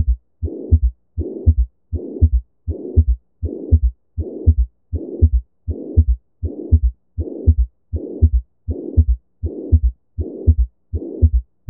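Regular heartbeat at about 80 a minute, with a steady blowing murmur filling the whole gap between the first and second heart sounds in every beat. This is a pansystolic murmur, a sign of blood leaking backward through a valve or a septal defect during systole.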